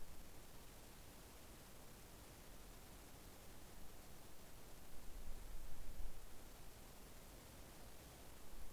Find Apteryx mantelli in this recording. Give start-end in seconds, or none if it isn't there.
none